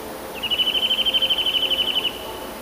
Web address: kowalik kowalikszybkietryle